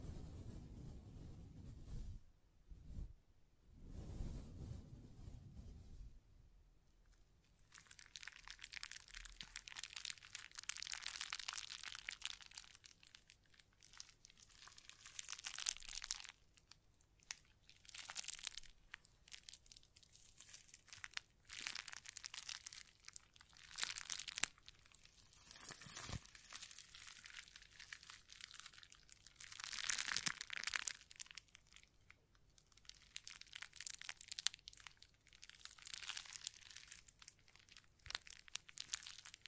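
Hand sounds and mic brushing, opening with a few dull, low thumps in the first six seconds. After that come long bursts of bright, crinkly scratching that swell and fade irregularly. Short sharp taps cut through now and then, with brief quieter gaps between bursts.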